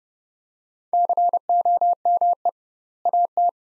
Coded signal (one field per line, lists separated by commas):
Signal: Morse code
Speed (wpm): 30 wpm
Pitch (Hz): 700 Hz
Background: none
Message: COME AT